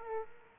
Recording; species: mosquito wingbeat signal from an infrared sensor; Aedes aegypti